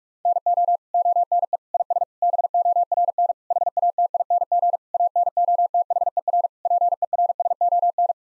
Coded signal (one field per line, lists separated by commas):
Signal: Morse code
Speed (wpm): 41 wpm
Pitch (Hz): 700 Hz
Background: none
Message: NO ONE IS BORN HATING ANOTHER PERSON